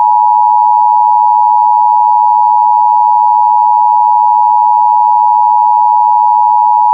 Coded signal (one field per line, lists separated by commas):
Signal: Emergency Alert System (SAME) tones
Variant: 853 and 960 Hz attention tone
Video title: EAS - AMBER Alert Issued in Michigan for Child in Stolen Vehicle